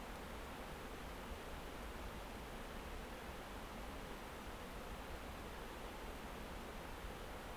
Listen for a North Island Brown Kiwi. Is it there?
no